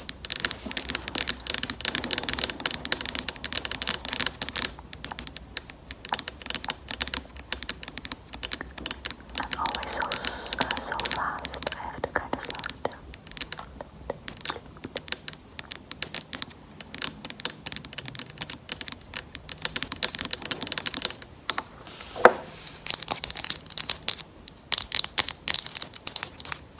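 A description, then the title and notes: Acrylic nails tap in rapid, dense bursts of sharp, bright clicks, like fast typing, with brief pauses scattered throughout. Around ten seconds a softer scraping texture joins in, and near twenty-two seconds there are a few louder, isolated knocks. A low faint hum sits underneath. ASMR Tapping with Acrylic Nails.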